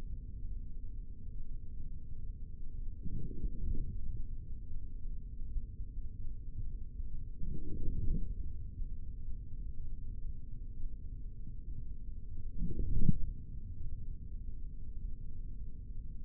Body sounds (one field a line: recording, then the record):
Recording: forearm muscle sounds (acoustic myography)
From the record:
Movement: forearm pronation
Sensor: system 3, bracelet of six PUI Audio POM-2738L microphones around the upper forearm, with dedicated amplification and filtering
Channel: 3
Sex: male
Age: 25 years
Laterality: right